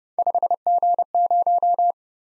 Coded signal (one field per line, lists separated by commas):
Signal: Morse code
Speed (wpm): 29 wpm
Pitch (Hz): 700 Hz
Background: none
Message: 5G0